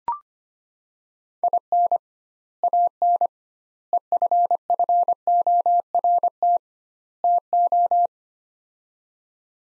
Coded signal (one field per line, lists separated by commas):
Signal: Morse code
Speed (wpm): 25 wpm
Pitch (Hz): 700 Hz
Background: none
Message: IN AN EFFORT TO